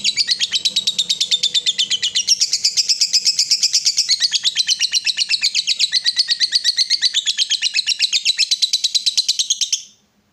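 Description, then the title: Yellow-vented bulbul chatter, rapid high ticking notes running continuously, then stopping abruptly near the end, leaving silence. Bird lure recording. "PIKAT TRUCUKAN"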